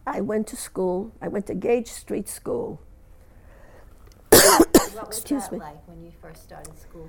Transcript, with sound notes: I went to school. I went to Gate Street School. ( she coughs )
And what was that like when you first started school here?